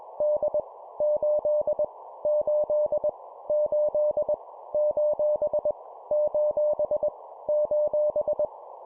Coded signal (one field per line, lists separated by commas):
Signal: Morse code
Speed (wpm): 21 wpm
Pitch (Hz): 600 Hz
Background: none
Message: D 8 8 8 : : :